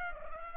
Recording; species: mosquito wingbeat signal from an infrared sensor; Culex pipiens